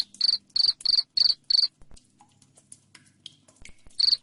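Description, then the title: Cricket chirping in five rapid high pulses, a gap of faint ticks, then one more chirp at the end. Loud cricket chirping said to make lovebirds sing continuously. "Suara JANGKRIK NGERIK Keras Bikin LOVEBIRD Jadi NGEKEK Terus Vubey"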